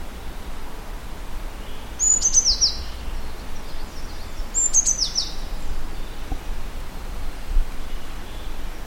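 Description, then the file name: Eurasian blue tit giving two brief bursts of very high, thin, descending notes about two and a half seconds apart, over steady low background noise. "Cyanistes caeruleus"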